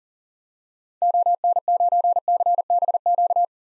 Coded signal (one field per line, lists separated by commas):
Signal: Morse code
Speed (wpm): 37 wpm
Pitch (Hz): 700 Hz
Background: none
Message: ON9CBQ